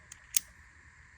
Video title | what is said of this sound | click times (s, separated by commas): 2012-2018 Ford Focus Front & Rear Brakes Replacement How-To | snaps into place like that | 0.4 s